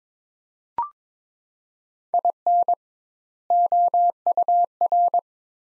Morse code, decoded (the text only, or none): IN OUR